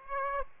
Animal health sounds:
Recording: mosquito wingbeat signal from an infrared sensor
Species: Aedes aegypti

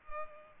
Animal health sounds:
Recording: mosquito wingbeat signal from an infrared sensor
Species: Culex pipiens

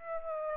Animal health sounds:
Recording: mosquito wingbeat signal from an infrared sensor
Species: Aedes aegypti

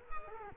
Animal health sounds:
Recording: mosquito wingbeat signal from an infrared sensor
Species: Culex quinquefasciatus

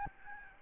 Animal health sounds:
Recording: mosquito wingbeat signal from an infrared sensor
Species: Aedes albopictus

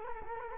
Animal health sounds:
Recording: mosquito wingbeat signal from an infrared sensor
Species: Culex quinquefasciatus

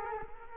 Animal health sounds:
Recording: mosquito wingbeat signal from an infrared sensor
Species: Culex quinquefasciatus

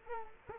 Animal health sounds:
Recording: mosquito wingbeat signal from an infrared sensor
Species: Culex quinquefasciatus

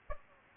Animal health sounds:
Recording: mosquito wingbeat signal from an infrared sensor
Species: Aedes aegypti

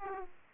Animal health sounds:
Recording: mosquito wingbeat signal from an infrared sensor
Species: Aedes aegypti

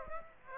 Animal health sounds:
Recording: mosquito wingbeat signal from an infrared sensor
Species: Aedes aegypti

